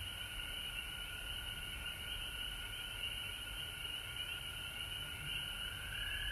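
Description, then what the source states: Frog chorus of overlapping high trills, steady and continuous, with some calls briefly rising near the end. Recorded at home in Georgia on March 19, 2020.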